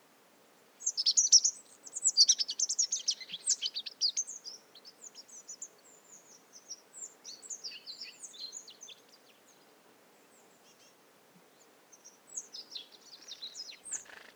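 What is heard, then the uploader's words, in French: Several birds chirp and trill high and bright in a mixed conifer and oak forest, busiest early, thinning midway, then resuming near the end. Matinée - Montagne du Puy - 1500m - Drôme - Nagra seven - Telinga pro7 stereo. Une forêt mixte de conifères et de chênes où se retrouve un nombre d'oiseaux étonnant pour la saison.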